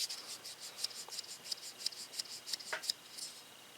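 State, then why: Not seated. The blade of a Buck 284 Bantam BBW lockback folding knife is worked open and shut in its handle to break it in, giving a run of dry, high-pitched rubbing and rasping strokes with brief sharp ticks near 0.8, 1.9 and 2.9 seconds. Nothing has seated or clicked yet; the clip ends just before the blade snaps into its locked-open position.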